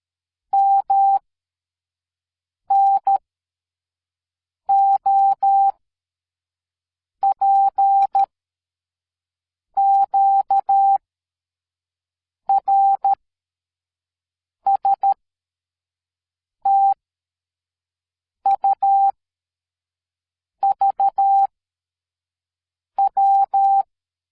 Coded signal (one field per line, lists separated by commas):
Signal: Morse code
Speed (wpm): 13 wpm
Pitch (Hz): 790 Hz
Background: none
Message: M N O P Q R S T U V W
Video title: Morse code Sound Effect